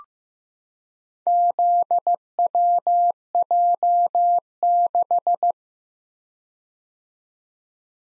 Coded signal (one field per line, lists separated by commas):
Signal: Morse code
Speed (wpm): 15 wpm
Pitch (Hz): 700 Hz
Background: none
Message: ZWJ6